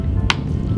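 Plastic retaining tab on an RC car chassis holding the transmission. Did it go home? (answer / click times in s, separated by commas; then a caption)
released / 0.3 s. A plastic retaining tab on a brushless-converted Arrma Typhon Mega RC truck chassis, which holds the transmission, is pried outward and pulled up during a transmission swap. It gives a sharp, bright click at 0.3 s over a steady low-frequency hum as the tab releases before it is fully set.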